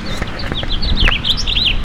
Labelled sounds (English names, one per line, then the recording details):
House Finch song
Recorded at Oakdale on Long Island, New York, on 18 June 2013
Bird D